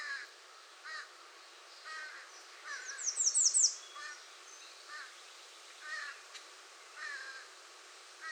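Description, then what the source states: American redstart song: a single quick burst of high downslurred notes, with other birds repeating lower chirps about once a second throughout. Recorded 21 June 2019.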